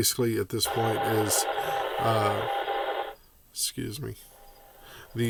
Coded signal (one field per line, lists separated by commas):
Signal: Morse code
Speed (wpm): 24 wpm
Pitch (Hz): 800 Hz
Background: speech, radio noise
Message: PVMZ